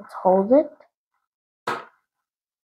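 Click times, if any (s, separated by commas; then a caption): 1.7 s. A plastic toy brick claw piece is pushed onto a rocket model while someone talks briefly. A sharp click sounds at 1.7 s as the claw clicks into place and is seated.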